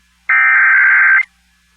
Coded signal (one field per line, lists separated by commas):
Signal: Emergency Alert System (SAME) tones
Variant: header bursts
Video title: [EAS #2688-#2697] Some Tests to kick off the month of September (9/06/23)